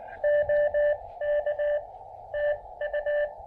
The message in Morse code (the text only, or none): OK TU